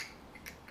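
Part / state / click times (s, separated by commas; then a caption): mounting piece into car phone holder body / seated / 0.0 s. The detachable mounting piece of a plastic VANMASS universal car phone holder is slid through its slot and pushed home into the holder body. It snaps and locks into place with a sharp click at 0.0 s, followed by two fainter ticks around 0.5 s and 0.7 s.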